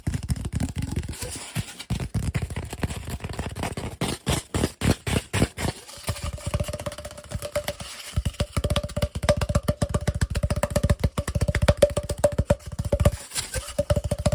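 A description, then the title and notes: Fast, aggressive scratching and tapping, a dense run of sharp strokes with heavy low thumps underneath. The rhythm stutters with brief gaps around two to six seconds, then settles into a steadier rapid scraping with a faint thin whine behind it. ASMR Fast And Aggressive Lofi Sounds (Tapping, Scratching,.) No Talking.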